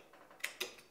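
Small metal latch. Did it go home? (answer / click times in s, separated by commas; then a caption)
yes / 0.4 s, 0.6 s. The reversed magazine release button on a Ruger-57 pistol is held in place with one finger while the lever is pressed, seating it into the pistol frame. After faint soft ticks, two sharp, bright clicks sound at 0.4 s and 0.6 s, and the release button is confirmed seated.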